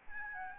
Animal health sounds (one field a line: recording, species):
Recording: mosquito wingbeat signal from an infrared sensor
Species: Aedes albopictus